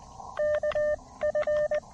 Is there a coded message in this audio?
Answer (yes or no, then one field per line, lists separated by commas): yes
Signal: Morse code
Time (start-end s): 0.4-1.8 s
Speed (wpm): 20 wpm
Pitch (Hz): 1800 Hz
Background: none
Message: K F